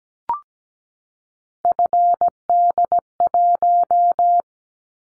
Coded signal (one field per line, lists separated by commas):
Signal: Morse code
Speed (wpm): 17 wpm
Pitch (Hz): 700 Hz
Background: none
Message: FD1